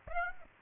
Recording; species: mosquito wingbeat signal from an infrared sensor; Aedes aegypti